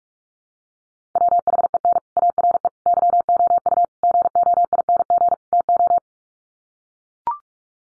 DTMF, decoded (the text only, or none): none